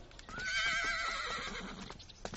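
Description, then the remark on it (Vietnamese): A horse whinnies in a long, quavering high-pitched call, while hooves clip-clop unevenly beneath it and continue as the neigh fades. “Con cởi ngựa đi dạo một vòng, mẹ đi không?”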